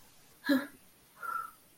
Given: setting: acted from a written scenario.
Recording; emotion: vocal sound without words; relief